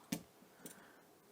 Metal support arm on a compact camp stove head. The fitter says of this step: thing, clicks on there.